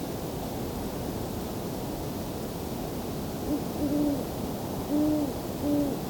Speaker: There we go, great horned owl.